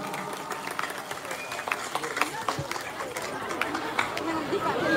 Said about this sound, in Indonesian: Tepuk tangannya mana